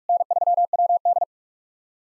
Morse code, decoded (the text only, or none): N3WD